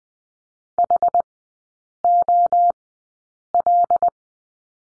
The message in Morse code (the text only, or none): HOL